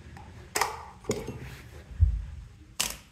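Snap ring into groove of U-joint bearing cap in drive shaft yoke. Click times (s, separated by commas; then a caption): 2.8 s. On a 1994 Chevy K1500 drive shaft yoke, a steel snap ring is compressed and pushed down with a screwdriver into the groove of a U-joint bearing cap; these rings are being reused because the original ones were bent on removal. Sharp metallic ticks are heard near 0.6 s and 1.1 s and a low thump near 2.0 s, before a loud, sharp snap at 2.8 s. The snap ring seats in the groove.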